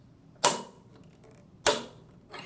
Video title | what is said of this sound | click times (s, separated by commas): Handpiece Setup | the second click lets you know that it's tight okay | 0.5 s, 1.7 s